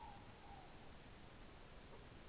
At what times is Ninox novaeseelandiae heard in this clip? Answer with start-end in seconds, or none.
0.00-0.72